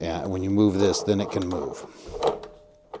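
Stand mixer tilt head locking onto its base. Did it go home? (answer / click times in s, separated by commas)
yes / 2.4 s, 2.9 s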